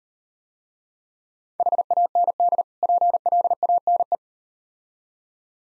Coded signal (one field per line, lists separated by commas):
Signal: Morse code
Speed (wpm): 38 wpm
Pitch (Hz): 700 Hz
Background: none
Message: HAND PLANE